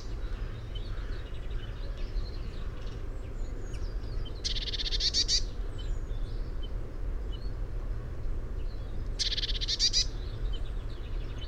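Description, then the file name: Eurasian blue tit calls twice, each a buzzy scolding churr with thin high notes, about five seconds apart, over a low continuous rumble. "Cyanistes caeruleus"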